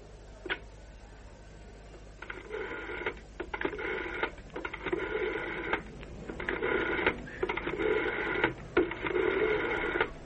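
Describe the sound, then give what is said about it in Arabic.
A telephone is dialed: a single click, then a run of buzzy, ratcheting bursts in quick succession with brief gaps between them, steady and moderately loud, with no talking. “من فضلك اقدر اتكلم في التليفون؟”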